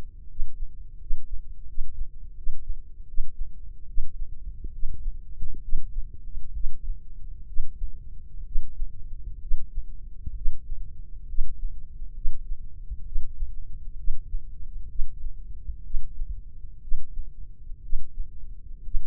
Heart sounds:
heart sounds by microphone in the left ear; 68 bpm
0.27 s: heartbeat
0.98 s: heartbeat
1.66 s: heartbeat
2.35 s: heartbeat
3.06 s: heartbeat
3.86 s: heartbeat
4.71 s: heartbeat
5.61 s: heartbeat
6.53 s: heartbeat
7.46 s: heartbeat
8.44 s: heartbeat
9.40 s: heartbeat
10.34 s: heartbeat
11.27 s: heartbeat
12.14 s: heartbeat
13.05 s: heartbeat
13.97 s: heartbeat
14.88 s: heartbeat
15.83 s: heartbeat
16.81 s: heartbeat
17.82 s: heartbeat
18.83 s: heartbeat
From the record:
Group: healthy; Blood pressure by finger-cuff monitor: 97/53 mmHg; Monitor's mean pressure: 67 mmHg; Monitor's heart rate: 65 bpm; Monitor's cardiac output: 6.2 L/min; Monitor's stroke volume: 92 mL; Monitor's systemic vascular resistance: 760 dyn s/cm5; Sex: female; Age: 22 years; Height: 157 cm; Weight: 47.6 kg

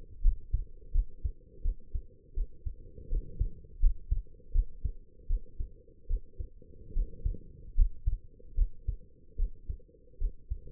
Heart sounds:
heart sounds by stethoscope; 78 bpm
0.21 s: heartbeat
0.91 s: heartbeat
1.62 s: heartbeat
2.34 s: heartbeat
3.08 s: heartbeat
3.80 s: heartbeat
4.52 s: heartbeat
5.27 s: heartbeat
6.07 s: heartbeat
6.93 s: heartbeat
7.75 s: heartbeat
8.55 s: heartbeat
9.36 s: heartbeat
10.18 s: heartbeat
From the record:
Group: healthy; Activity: rest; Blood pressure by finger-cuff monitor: 112/72 mmHg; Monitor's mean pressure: 82 mmHg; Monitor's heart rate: 80 bpm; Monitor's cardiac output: 6 L/min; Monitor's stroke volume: 75 mL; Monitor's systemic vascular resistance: 980 dyn s/cm5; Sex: female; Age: 23 years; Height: 160 cm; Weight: 50.4 kg

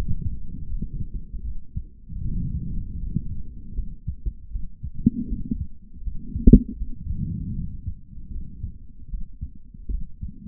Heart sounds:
heart sounds by stethoscope; 78 bpm
0.67 s: heartbeat
1.43 s: heartbeat
2.20 s: heartbeat
2.98 s: heartbeat
3.74 s: heartbeat
4.50 s: heartbeat
5.27 s: heartbeat
6.02 s: heartbeat
6.77 s: heartbeat
7.54 s: heartbeat
8.30 s: heartbeat
9.09 s: heartbeat
9.89 s: heartbeat
From the record:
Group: healthy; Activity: rest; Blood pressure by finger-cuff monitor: 101/70 mmHg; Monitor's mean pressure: 79 mmHg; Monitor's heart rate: 79 bpm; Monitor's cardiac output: 3.7 L/min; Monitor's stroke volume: 46 mL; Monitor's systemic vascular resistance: 1550 dyn s/cm5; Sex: male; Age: 55 years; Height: 167 cm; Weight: 57.2 kg

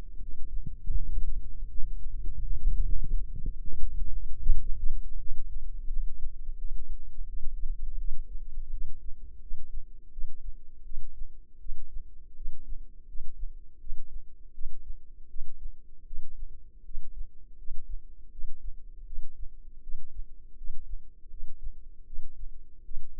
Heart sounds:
heart sounds by microphone in the left ear; 82 bpm
0.18 s: heartbeat
0.93 s: heartbeat
1.68 s: heartbeat
2.41 s: heartbeat
3.11 s: heartbeat
3.78 s: heartbeat
4.47 s: heartbeat
5.17 s: heartbeat
5.88 s: heartbeat
6.56 s: heartbeat
7.25 s: heartbeat
7.96 s: heartbeat
8.69 s: heartbeat
9.39 s: heartbeat
10.10 s: heartbeat
10.83 s: heartbeat
11.58 s: heartbeat
12.34 s: heartbeat
13.06 s: heartbeat
13.78 s: heartbeat
14.52 s: heartbeat
15.27 s: heartbeat
16.04 s: heartbeat
16.83 s: heartbeat
17.56 s: heartbeat
18.29 s: heartbeat
19.04 s: heartbeat
19.80 s: heartbeat
20.55 s: heartbeat
21.28 s: heartbeat
22.04 s: heartbeat
22.82 s: heartbeat
From the record:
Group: healthy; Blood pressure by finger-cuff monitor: 101/62 mmHg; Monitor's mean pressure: 79 mmHg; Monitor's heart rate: 82 bpm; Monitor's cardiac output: 7.8 L/min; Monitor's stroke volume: 96 mL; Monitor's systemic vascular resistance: 740 dyn s/cm5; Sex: female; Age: 22 years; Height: 160 cm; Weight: 45 kg

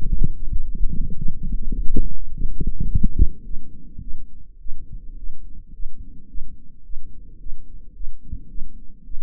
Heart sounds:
heart sounds by microphone in the right ear; 107 bpm
0.07 s: heartbeat
0.62 s: heartbeat
1.17 s: heartbeat
1.73 s: heartbeat
2.31 s: heartbeat
2.89 s: heartbeat
3.45 s: heartbeat
4.02 s: heartbeat
4.60 s: heartbeat
5.18 s: heartbeat
5.74 s: heartbeat
6.29 s: heartbeat
6.85 s: heartbeat
7.40 s: heartbeat
7.95 s: heartbeat
8.49 s: heartbeat
9.05 s: heartbeat
From the record:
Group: healthy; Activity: rest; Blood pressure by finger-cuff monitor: 130/84 mmHg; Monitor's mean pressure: 97 mmHg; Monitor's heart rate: 107 bpm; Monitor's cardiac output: 7.7 L/min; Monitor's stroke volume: 72 mL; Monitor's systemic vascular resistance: 920 dyn s/cm5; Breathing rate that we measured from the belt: 26 breaths a minute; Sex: female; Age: 22 years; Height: 163 cm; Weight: 67.1 kg

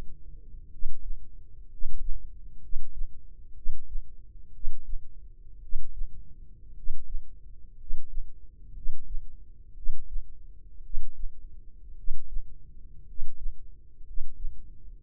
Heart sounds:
heart sounds by microphone in the left ear; 59 bpm
0.68 s: heartbeat
1.67 s: heartbeat
2.59 s: heartbeat
3.53 s: heartbeat
4.51 s: heartbeat
5.59 s: heartbeat
6.73 s: heartbeat
7.75 s: heartbeat
8.72 s: heartbeat
9.73 s: heartbeat
10.81 s: heartbeat
11.94 s: heartbeat
13.04 s: heartbeat
14.02 s: heartbeat
14.99 s: heartbeat
From the record:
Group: healthy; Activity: rest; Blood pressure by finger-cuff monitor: 101/52 mmHg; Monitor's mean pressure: 64 mmHg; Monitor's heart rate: 56 bpm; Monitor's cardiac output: 5 L/min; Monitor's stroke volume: 88 mL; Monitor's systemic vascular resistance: 900 dyn s/cm5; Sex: male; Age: 25 years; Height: 170 cm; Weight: 70.4 kg

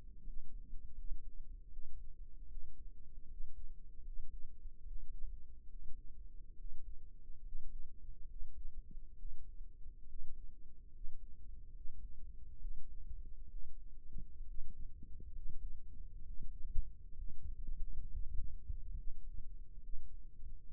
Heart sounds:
heart sounds by microphone in the right ear; 70 bpm
0.23 s: heartbeat
0.96 s: heartbeat
1.70 s: heartbeat
2.48 s: heartbeat
3.27 s: heartbeat
4.03 s: heartbeat
4.84 s: heartbeat
5.67 s: heartbeat
6.56 s: heartbeat
7.42 s: heartbeat
8.27 s: heartbeat
9.16 s: heartbeat
10.06 s: heartbeat
10.91 s: heartbeat
11.72 s: heartbeat
12.58 s: heartbeat
13.48 s: heartbeat
14.44 s: heartbeat
15.32 s: heartbeat
16.22 s: heartbeat
17.15 s: heartbeat
18.08 s: heartbeat
18.94 s: heartbeat
19.80 s: heartbeat
20.71 s: heartbeat
From the record:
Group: healthy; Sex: male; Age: 22 years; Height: 181 cm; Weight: 79 kg

